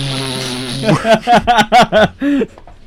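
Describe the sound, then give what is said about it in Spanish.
A voice imitates a huge 600-gram bee with a low, steady droning buzz, then breaks into a run of about six loud, pulsing buzzy bursts that wobble in pitch before stopping. “Es una abeja de 600 gramos, tío. Yo por ejemplo, que parece un reactor.”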